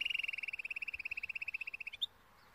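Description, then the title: Timbrado canary delivering a rapid, even rolling trill of bell-like pulses for about two seconds, closing with a short higher note. Canary training video for Timbrado song. "Canary Bird Singing - Timbrado training video"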